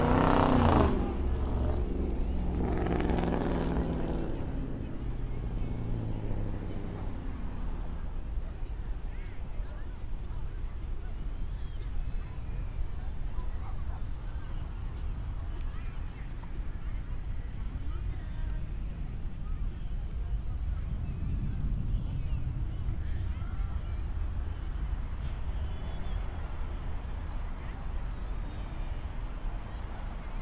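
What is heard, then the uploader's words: A binaural city walk with a steady low traffic rumble, a loud vehicle passing in the first seconds, and a voice. Harbor to Apartment. A binaural recording of a walk from the San Diego County Admin Building to my apartment in Golden Hill.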